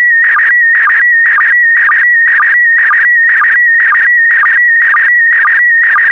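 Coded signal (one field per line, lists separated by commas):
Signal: SSTV (slow-scan television)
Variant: PD120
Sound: steady high tone interrupted twice a second by buzzy warbling bursts and low sync blips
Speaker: the next image transmission will start in 10 seconds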